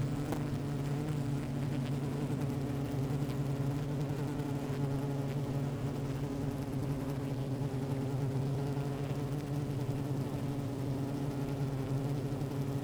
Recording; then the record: honeybee colony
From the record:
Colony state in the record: active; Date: 28 July 2017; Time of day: 15:22